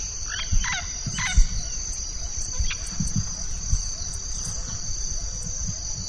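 Bird calls, a few quick downslurred chirps near the start, over a constant high insect drone and low rumbling background noise.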